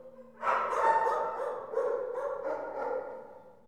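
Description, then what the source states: Dogs barking and whining together in a brief dense burst that fades toward the end. Many dogs barking in an indoor kennel.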